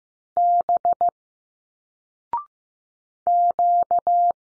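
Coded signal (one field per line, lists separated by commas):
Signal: Morse code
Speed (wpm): 15 wpm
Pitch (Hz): 700 Hz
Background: none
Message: B Q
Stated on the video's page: Morse drill of single letters at 15wpm, each sent, spoken after a 0.6-second pause, then sent again.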